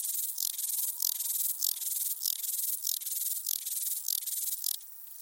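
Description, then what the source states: Rattle grasshopper, loud grating pulses of high noise in quick succession, then a quieter hiss. Écrins National Park.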